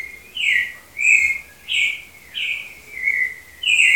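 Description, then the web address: Clay-colored thrush singing a steady run of rich whistled phrases, some rising and some falling, about one every half second to second, over quiet background. "Cantos Turdus-grayi"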